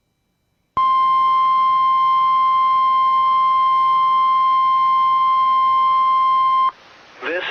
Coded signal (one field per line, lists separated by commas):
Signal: Emergency Alert System (SAME) tones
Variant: 1050 Hz attention tone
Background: speech